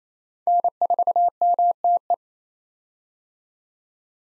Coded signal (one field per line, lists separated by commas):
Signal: Morse code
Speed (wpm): 27 wpm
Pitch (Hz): 700 Hz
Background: none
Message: N4MTE